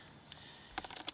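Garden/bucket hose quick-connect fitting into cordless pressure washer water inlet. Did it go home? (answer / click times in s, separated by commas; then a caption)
no / none. Someone pulls back the sleeve of the quick-connect coupling, which has a filter inside, on the water inlet at the base of a DeWalt cordless pressure washer and handles a garden/bucket hose fitting toward it. Short, sharp handling ticks and taps are heard around 0.3, 0.8, 1.0 and 1.1 seconds over a quiet background. Nothing has seated or clicked yet.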